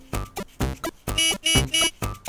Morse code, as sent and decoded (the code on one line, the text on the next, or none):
none